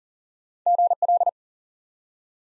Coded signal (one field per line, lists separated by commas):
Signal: Morse code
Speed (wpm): 40 wpm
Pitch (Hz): 700 Hz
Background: none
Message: GL